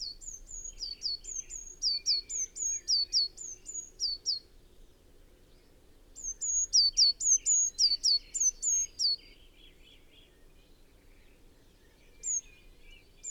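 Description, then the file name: Eurasian blue tit producing bursts of high, sharp notes, flat tones mixed with descending slides at a steady quick pace, repeated after short silences, with faint lower chirps beneath. "Cyanistes caeruleus"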